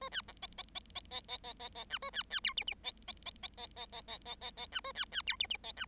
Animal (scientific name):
Lonchura striata domestica